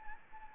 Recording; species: mosquito wingbeat signal from an infrared sensor; Anopheles arabiensis